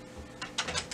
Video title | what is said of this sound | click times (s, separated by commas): Brother MFC L9550 - Onyx Imaging - OKC Printer Repair - Replace & Reset Drum Unit | and pull back on each one so that it clicks and locks it into position | 0.4 s, 0.6 s